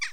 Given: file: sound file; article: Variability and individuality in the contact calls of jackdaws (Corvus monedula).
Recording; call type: jackdaw call; harmonic